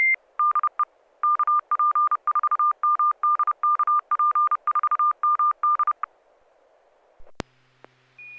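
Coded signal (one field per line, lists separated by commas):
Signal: Morse code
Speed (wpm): 31 wpm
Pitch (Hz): 1200 Hz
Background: none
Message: DE KP4MD KP4MD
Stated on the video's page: Morse heard during an SSTV net on an FM repeater at 441.300 MHz in Sacramento.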